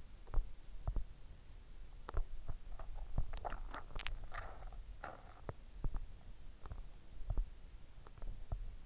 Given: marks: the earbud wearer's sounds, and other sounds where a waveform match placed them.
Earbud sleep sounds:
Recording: sounds in sleep by an in-ear microphone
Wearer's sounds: teeth grinding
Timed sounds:
0.15-1.23 s: teeth grinding
1.89-8.86 s: teeth grinding

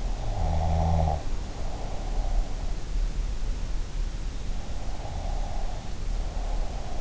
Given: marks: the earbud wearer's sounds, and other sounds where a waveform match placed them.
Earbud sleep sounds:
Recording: sounds in sleep by an in-ear microphone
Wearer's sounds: snoring breath, breath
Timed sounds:
0.13-2.39 s: snoring breath
4.96-7.01 s: breath

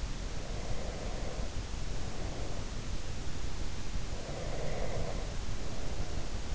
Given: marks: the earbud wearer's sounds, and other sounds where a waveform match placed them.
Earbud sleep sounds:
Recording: sounds in sleep by an in-ear microphone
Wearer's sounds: breath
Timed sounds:
0.17-2.60 s: breath
4.18-6.55 s: breath

